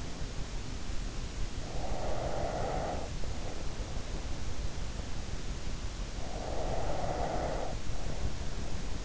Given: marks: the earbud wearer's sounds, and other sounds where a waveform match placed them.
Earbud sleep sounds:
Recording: sounds in sleep by an in-ear microphone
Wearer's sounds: breath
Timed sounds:
1.59-4.28 s: breath
6.20-9.05 s: breath

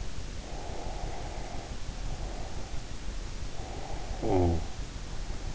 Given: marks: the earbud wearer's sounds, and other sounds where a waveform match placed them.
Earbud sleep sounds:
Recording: sounds in sleep by an in-ear microphone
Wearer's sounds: breath, snoring breath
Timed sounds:
0.58-2.81 s: breath
3.34-4.98 s: snoring breath

